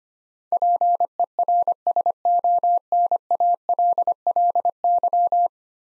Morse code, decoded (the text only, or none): PERSONALLY